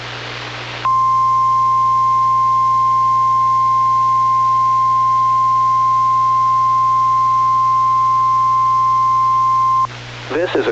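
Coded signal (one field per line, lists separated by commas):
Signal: Emergency Alert System (SAME) tones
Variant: 1050 Hz attention tone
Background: speech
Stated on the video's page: NOAA Weather Radio weekly test tones plus a Local Area Emergency alert.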